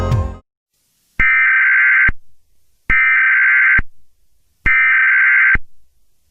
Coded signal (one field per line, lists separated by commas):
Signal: Emergency Alert System (SAME) tones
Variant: header bursts